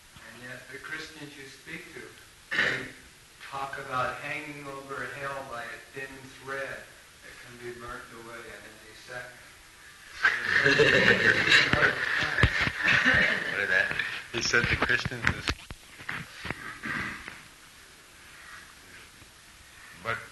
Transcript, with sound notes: And yet the Christians you speak to, they talk about hanging you over hell by a thin thread that can be burnt away at any second. [laughter]
What is that?
He said the Christians...